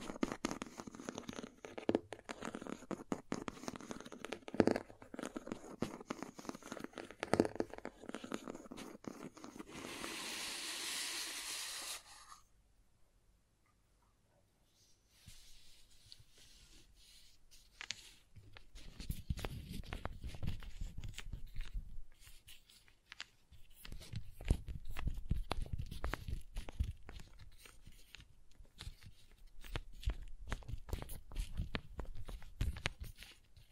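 Crayons tapping, scraping and drawing across paper, with dense, irregular strokes through the first ten seconds. Around ten to twelve seconds a bright, hissing scrape dominates, then a near-silent pause follows before low, rapid rubbing and tapping bursts return in waves.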